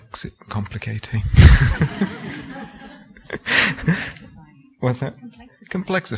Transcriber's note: laughter